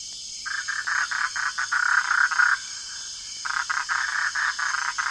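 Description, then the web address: Bufo typhonius: toad calls, rapid pulsed trills in bursts separated by short gaps, over a steady high hum. Ecuadorian Amazon. "Frogs of Ecuadorian Amazon Bufo typhonius"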